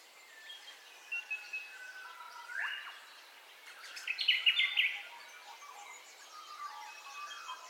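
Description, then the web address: Dawn birds giving scattered whistles and chirps, then a brief loud trill partway through, over a soft hiss of background calls. Dawn ambience of bird calls, recorded in stereo. "Sound Effects-Foundation Updates AMBIENCE DAWN BIRDCALLS 04 STEREO"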